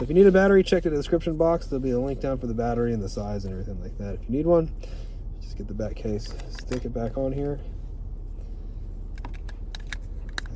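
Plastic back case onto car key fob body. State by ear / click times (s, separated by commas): seated / 10.4 s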